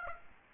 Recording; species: mosquito wingbeat signal from an infrared sensor; Aedes aegypti